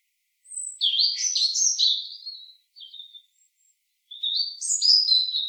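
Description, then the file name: European robin song: a rich, fast warbling phrase of high whistles and trills, a short note, then another sparkling phrase. "Erithacus rubecula"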